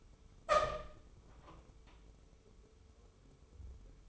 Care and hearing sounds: daily activity, microphone in the room; open door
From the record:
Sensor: 1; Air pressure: 1015.2 hPa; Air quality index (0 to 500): 122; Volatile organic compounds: 4 ppm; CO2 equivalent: 1675 ppm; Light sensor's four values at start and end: 14/33/14/15 and 14/33/14/15

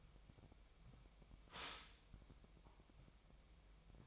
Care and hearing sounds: daily activity, microphone in the room; stop toaster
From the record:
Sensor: 1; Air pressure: 1002.0 hPa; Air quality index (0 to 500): 239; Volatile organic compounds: 43 ppm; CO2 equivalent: 3198 ppm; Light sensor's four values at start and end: 10/35/12/14 and 10/35/12/14

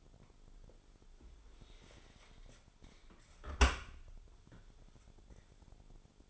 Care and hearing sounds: daily activity, microphone in the room; close dishwasher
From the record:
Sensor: 5

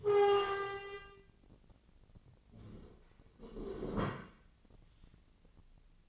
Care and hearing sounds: daily activity, microphone in the room; stand up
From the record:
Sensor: 4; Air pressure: 1013.1 hPa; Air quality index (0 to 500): 170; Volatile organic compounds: 2 ppm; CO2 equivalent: 1080 ppm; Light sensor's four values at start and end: 53/131/55/59 and 53/131/55/59

